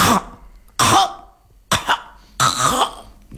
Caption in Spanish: Cuando nuestros animales de compañía, tanto perros como gatos, tienen una inflamación de la garganta, de la tráquea o de la zona de la faringe, se acumula flema. Entonces la tos viene porque intenta movilizar esa flema para echarla. Y esa es una tos muy sonora. Parece la de un atragantamiento cuando están comiendo, ¿no? Expectoran echan un poquito de flema o a veces se la llegan a tragar.